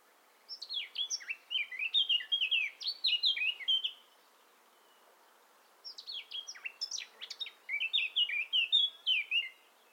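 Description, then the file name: Eurasian blackcap song: two warbled phrases of quick, high, sliding notes, each lasting three to four seconds with a pause between, over a faint background hiss. "Sylvia atricapilla"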